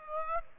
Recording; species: mosquito wingbeat signal from an infrared sensor; Aedes aegypti